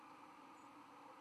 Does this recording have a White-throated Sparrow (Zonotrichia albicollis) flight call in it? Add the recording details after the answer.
no. Another species' flight call is heard. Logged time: 00:11 on 12 November 2014